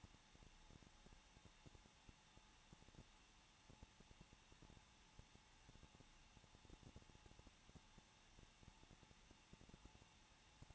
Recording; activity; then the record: daily activity, microphone in the room; no activity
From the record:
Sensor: 1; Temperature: 20.1 degrees Celsius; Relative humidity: 39.3%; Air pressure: 1006.3 hPa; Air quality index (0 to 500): 218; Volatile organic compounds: 79 ppm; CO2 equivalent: 3598 ppm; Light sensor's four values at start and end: 1/2/1/1 and 1/2/1/1